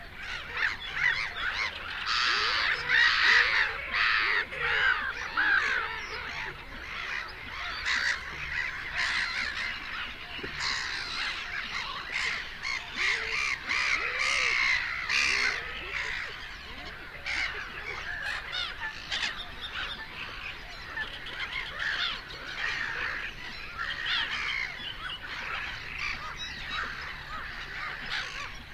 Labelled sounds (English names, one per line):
Black-headed Gull call